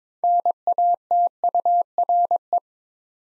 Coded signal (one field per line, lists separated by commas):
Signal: Morse code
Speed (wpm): 21 wpm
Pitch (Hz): 700 Hz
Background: none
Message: NATURE